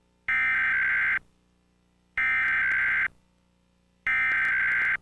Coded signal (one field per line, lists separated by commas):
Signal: Emergency Alert System (SAME) tones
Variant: header bursts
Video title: Comcast Emergency Alert System - Delaware Required Monthly Test (August 13, 2025)